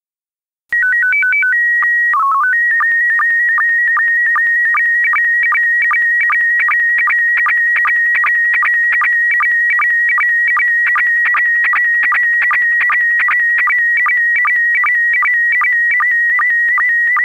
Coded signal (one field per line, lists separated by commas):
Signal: SSTV (slow-scan television)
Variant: PD 50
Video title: SSTV voorbeeld 1